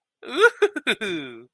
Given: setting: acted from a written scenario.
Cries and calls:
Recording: vocal sound without words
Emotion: positive surprise

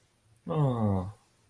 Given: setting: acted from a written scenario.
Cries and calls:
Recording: vocal sound without words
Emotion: sympathy

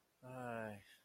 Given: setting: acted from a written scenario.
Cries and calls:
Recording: vocal sound without words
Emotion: sadness

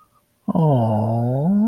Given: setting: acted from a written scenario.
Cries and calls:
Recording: vocal sound without words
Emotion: adoration

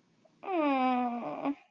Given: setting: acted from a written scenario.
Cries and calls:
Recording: vocal sound without words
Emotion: shame

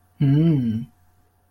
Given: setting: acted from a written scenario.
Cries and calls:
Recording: vocal sound without words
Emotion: neutral

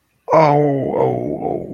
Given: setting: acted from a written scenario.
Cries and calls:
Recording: vocal sound without words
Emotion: shame

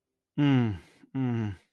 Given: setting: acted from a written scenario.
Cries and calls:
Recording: vocal sound without words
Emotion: sympathy

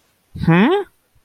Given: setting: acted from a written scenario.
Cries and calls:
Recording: vocal sound without words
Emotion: confusion

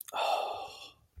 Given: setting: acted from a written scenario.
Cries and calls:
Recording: vocal sound without words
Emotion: contentment

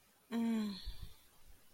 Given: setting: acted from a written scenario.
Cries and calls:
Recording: vocal sound without words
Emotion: serenity

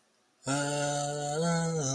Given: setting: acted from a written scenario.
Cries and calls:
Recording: vocal sound without words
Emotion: serenity

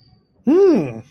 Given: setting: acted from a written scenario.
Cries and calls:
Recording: vocal sound without words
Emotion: interest

